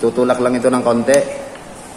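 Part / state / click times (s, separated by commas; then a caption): spear shaft into speargun trigger mechanism / not seated / none. A man talks for most of the clip while handling a ZEBRA crossbow spear gun, reloading it by pushing the spear shaft into the trigger mechanism. The talk fades into quieter background after about 1.3 seconds. The spear has not yet clicked into the trigger mechanism, and nothing has seated yet.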